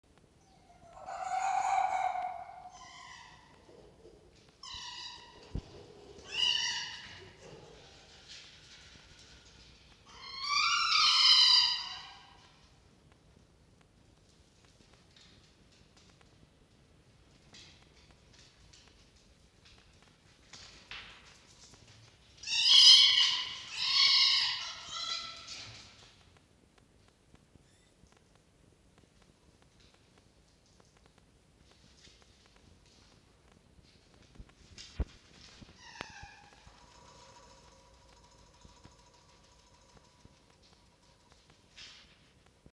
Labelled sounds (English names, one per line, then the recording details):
Red Fox
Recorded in captivity
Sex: pair
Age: adult
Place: Zoologisches Institut der HUB, Berlin, DE
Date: 1953-03-30 17:43
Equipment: Elmetra
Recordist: Tembrock, Günter
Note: Fiffi (auf Jupp zulaufend): Begrüßungswinseln; Jupp: Muffen ohne Fleisch